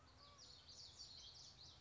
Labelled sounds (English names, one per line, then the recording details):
Common Yellowthroat
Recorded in Sonoma County, California